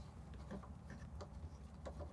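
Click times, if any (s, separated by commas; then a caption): 0.9 s, 1.2 s. A zirconia block is tightened into a milling machine chuck with a torque tool, which clicks at its setting at 0.9 s and again at 1.2 s, the second being one extra click for safety. Faint ticks and a scrape come before the clicks over a low background hum.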